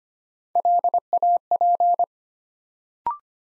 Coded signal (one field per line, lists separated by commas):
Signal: Morse code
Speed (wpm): 25 wpm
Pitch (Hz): 700 Hz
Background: none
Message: LAP